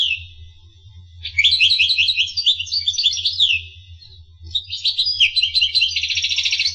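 Finch song, rapid high twittering phrases with stuttered trills and a buzzy rattle at the end, two bursts with a short pause, low hum throughout.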